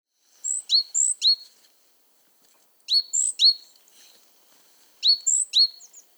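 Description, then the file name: Great tit call: three-note phrases of sharp, slightly downslurred chips with a high thin note on top, repeated three times about every two seconds. "Parus major"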